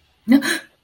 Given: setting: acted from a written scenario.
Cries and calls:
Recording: vocal sound without words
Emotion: fear

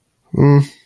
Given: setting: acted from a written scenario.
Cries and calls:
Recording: vocal sound without words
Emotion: neutral

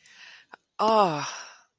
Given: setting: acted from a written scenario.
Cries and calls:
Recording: vocal sound without words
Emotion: desire

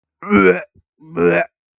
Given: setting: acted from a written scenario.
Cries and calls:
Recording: vocal sound without words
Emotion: disgust

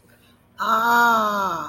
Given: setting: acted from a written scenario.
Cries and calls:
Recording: vocal sound without words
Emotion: awe

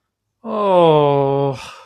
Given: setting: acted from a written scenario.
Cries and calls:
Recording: vocal sound without words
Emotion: realization

